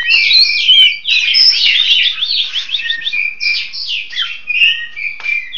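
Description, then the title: Long-tailed shrike, an energetic, harsh warbling song with squeaky whistles and rapid chattering runs, continuous and variable. "Kicau Burung Pentet"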